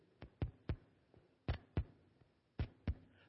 A heartbeat.